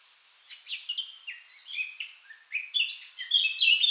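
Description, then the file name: Eurasian blackcap song: a gentle twittering warble that breaks into brighter, louder whistled notes near the end. "Sylvia atricapilla"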